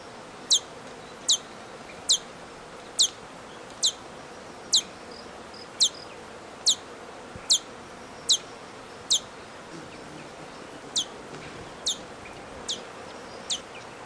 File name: canto do beija flor vermelho